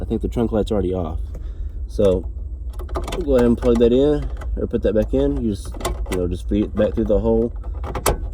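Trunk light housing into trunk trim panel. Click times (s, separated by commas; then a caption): 8.1 s. Someone talks while feeding a trunk light's wiring back through the hole and pushing the light housing, already switched off, into the trunk trim panel during an LED upgrade. A sharp click at 8.1 s marks the housing snapping into place, seated.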